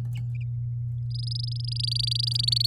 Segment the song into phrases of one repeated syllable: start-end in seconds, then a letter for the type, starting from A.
1.10-2.66 A